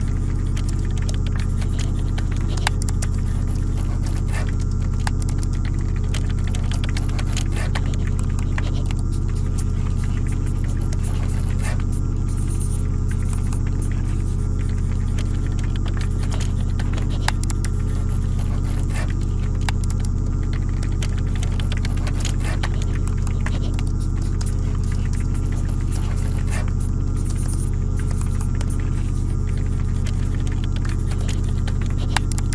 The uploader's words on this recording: All you hear as you drift off to sleep are the sounds of your coworkers working, the fluorescent bulbs and the heating gently humming in the background. Coworkers typing and writing away.